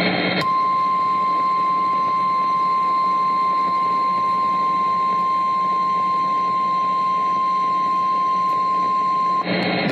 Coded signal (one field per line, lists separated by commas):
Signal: Emergency Alert System (SAME) tones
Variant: 1050 Hz attention tone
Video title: EAS 473 Severe Thunderstorm Warning